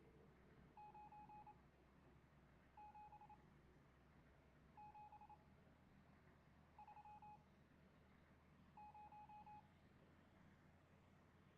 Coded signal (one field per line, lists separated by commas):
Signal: Morse code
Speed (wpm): 27 wpm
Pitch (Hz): 840 Hz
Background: none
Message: 9 7 7 3 0